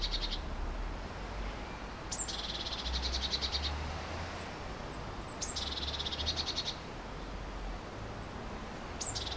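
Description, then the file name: Eurasian blue tit calling a thin high note then a rattling, buzzy churr, several times, with low rumbling noise beneath. "Cyanistes caeruleus"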